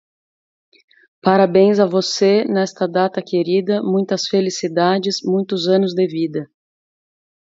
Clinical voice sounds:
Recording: short text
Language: Brazilian Portuguese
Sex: female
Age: 30 to 39 years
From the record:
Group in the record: control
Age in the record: 37 years

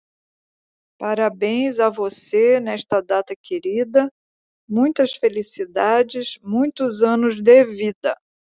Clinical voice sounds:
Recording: short text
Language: Brazilian Portuguese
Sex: female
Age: 60 to 69 years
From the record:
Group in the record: control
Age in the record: 68 years

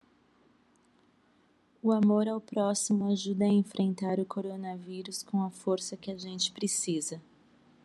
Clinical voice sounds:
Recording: spoken sentence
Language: Brazilian Portuguese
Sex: female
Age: 40 to 49 years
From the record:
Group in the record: control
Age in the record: 44 years

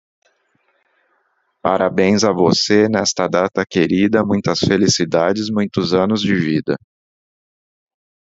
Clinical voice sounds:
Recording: short text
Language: Brazilian Portuguese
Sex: male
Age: 40 to 49 years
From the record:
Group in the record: control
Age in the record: 47 years

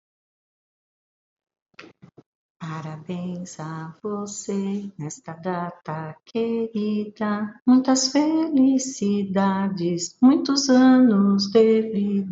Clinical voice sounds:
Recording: short text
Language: Brazilian Portuguese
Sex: female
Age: 60 to 69 years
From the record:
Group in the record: control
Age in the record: 69 years

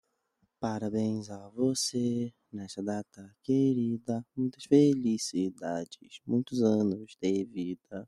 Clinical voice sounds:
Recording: short text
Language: Brazilian Portuguese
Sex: male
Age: 20 to 29 years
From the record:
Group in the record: control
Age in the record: 26 years

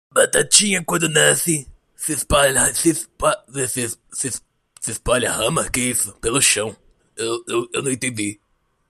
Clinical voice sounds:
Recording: short text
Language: Brazilian Portuguese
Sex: male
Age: 20 to 29 years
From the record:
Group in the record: control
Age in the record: 28 years

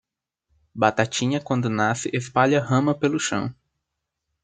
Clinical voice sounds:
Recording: short text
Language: Brazilian Portuguese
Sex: male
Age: 20 to 29 years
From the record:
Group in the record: control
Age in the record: 21 years

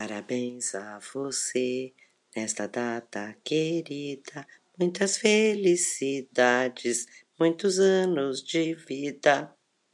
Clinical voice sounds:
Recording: short text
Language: Brazilian Portuguese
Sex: female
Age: 60 to 69 years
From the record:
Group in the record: control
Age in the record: 67 years

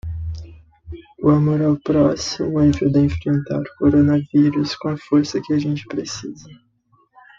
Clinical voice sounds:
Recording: spoken sentence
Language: Brazilian Portuguese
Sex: male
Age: 18 to 19 years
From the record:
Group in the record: control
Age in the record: 19 years

